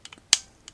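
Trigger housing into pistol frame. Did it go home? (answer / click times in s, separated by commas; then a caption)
yes / 0.3 s. During reassembly after cleaning, a trigger housing is dropped into a polymer Glock pistol frame and pushed down until it clicks. A few light ticks come first, then a loud, sharp click at 0.3 s, followed by one faint tick near 0.7 s. The trigger housing is seated in the frame.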